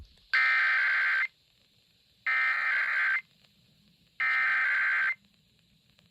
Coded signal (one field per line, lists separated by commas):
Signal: Emergency Alert System (SAME) tones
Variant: header bursts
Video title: OKLAHOMA TESTED TWICE... EAS Tests from June 2024 (EAS #4,471 - 4,532)